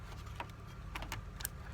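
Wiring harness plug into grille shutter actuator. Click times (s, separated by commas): 1.4 s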